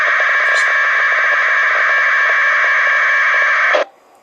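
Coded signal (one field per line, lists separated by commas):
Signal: packet radio (AX.25, as in APRS)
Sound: nearly four seconds of steady buzzing warbling data tones, then an abrupt cut to hiss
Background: radio static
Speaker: so the uh the packet the data the requests are going out and response is coming back back you can hear there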